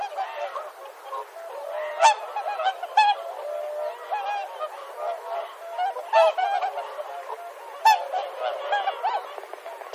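Whooper swan flock calling: many overlapping honking, trumpet-like notes with rich harmonics, with louder single calls standing out every second or two.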